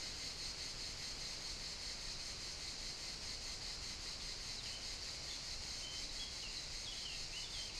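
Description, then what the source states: Crickets keep up a constant high chirping beneath rushing wind, and a bird sings short whistled phrases toward the end. Crickets chirping continuously in an apple-growing area at Riu Mort, Alt Empordà, Girona, with the Tramuntana wind moving through gigantic trees.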